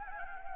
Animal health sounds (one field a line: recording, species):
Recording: mosquito wingbeat signal from an infrared sensor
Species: Anopheles gambiae